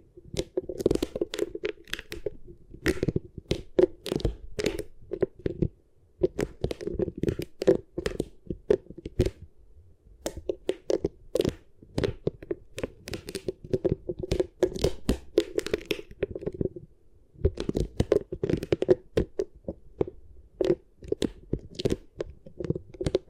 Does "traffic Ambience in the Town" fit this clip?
no